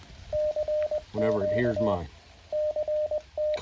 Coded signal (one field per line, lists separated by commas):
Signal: Morse code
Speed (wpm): 20 wpm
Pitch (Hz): 610 Hz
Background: speech, radio noise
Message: CQ CT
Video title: Morse code POTA activation 10/14/2024